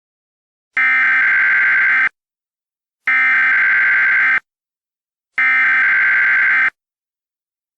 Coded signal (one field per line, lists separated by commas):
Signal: Emergency Alert System (SAME) tones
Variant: header bursts